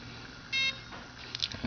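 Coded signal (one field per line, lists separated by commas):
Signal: beep code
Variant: Align ESC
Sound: a single short buzzy electronic beep, then quiet room noise and a few clicks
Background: room noise, handling clicks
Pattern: 1 short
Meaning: Item 3 is programmed to the low-stick setting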